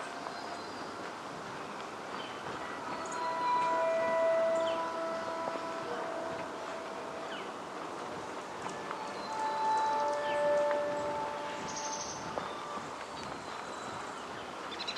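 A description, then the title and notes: Outdoor ambience in the upper Macleay section of Forest Park, Portland: a steady hum carries long, level tones that swell around four seconds and again near ten, like a train horn or siren. Faint high chirps appear now and then. Upper Macleay section of Forest Park, Portland, Oregon.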